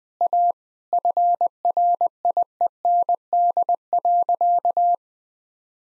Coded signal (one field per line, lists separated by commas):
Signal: Morse code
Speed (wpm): 20 wpm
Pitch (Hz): 700 Hz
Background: none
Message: A FRIEND.